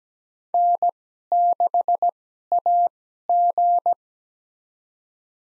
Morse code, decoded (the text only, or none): N6AG